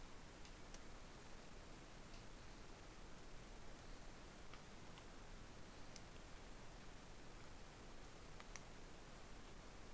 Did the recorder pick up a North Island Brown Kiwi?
no